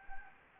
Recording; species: mosquito wingbeat signal from an infrared sensor; Anopheles gambiae